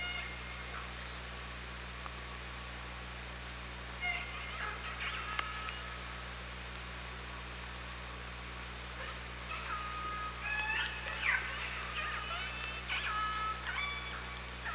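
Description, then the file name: Orca calls in two clusters, a few harmonic bursts early and a denser run of overlapping pulsed calls and short whistles later, over low steady hum. Recorded underwater on an OrcaLab hydrophone, 24 August 2017 at 18:42:13. "Orca Lab UTLN 20170824 184213"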